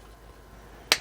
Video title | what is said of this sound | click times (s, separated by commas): Transformers Studio Series Concept Art Megatron | make sure you get those clips back in hear that snap there we go | 0.9 s